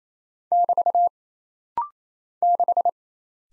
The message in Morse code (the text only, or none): <BT> 6